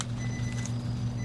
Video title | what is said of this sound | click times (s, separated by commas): Upgrading My Titan’s Tech! 📱 - Eonon Android Radio + 2nd Camera Setup | Make sure it clicks in good. | 0.0 s